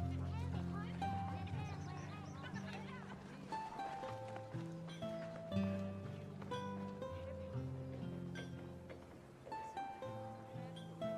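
A quiet medieval town with music and chatter in the distance. Held, steady low notes shift from one pitch to the next every second or so, with voices talking over them and scattered light knocks and clatter throughout, steady in overall level.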